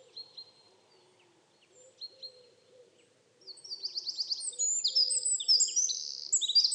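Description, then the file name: Eurasian wren song: a few soft high ticks, then a loud outburst of rapid high twittering notes and trills over a faint low hum. "Troglodytes troglodytes"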